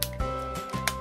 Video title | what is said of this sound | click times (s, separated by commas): 또봇V 시즌2 레오카이저! V익스텐션 TOBOT V SEASON2 LEO KAISER! V EXTENSION! | 붙여서 딱 소리가 날 때까지 넣어주시고 이제 | 0.0 s, 0.9 s